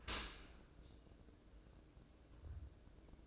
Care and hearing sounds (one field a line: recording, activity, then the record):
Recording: daily activity, microphone in the room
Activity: open dishwasher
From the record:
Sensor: 2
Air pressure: 1012.2 hPa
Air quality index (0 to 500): 147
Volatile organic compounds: 2 ppm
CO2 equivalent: 1076 ppm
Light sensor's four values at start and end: 277/680/275/277 and 276/677/274/276